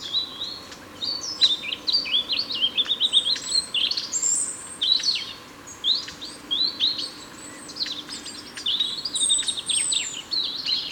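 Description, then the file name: European robin song, a near-continuous stream of high sweet warbles, squeaky whistles and fast rising and falling notes in short varied phrases, with low steady hiss beneath. "Erithacus rubecula"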